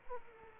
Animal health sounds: mosquito wingbeat signal from an infrared sensor; Aedes aegypti

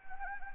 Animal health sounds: mosquito wingbeat signal from an infrared sensor; Anopheles arabiensis

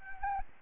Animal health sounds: mosquito wingbeat signal from an infrared sensor; Anopheles gambiae

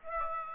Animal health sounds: mosquito wingbeat signal from an infrared sensor; Aedes aegypti

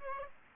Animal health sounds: mosquito wingbeat signal from an infrared sensor; Aedes aegypti

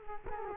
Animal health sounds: mosquito wingbeat signal from an infrared sensor; Culex quinquefasciatus

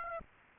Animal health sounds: mosquito wingbeat signal from an infrared sensor; Aedes aegypti

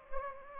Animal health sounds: mosquito wingbeat signal from an infrared sensor; Anopheles gambiae

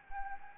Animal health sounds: mosquito wingbeat signal from an infrared sensor; Anopheles gambiae

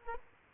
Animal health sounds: mosquito wingbeat signal from an infrared sensor; Culex quinquefasciatus

